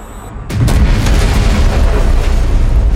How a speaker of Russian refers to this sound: Оглушительный грохот эхом разлетелся по округе. Башня содрогнулась от удара. Ее вершина расцвела огромным цветком разрыва.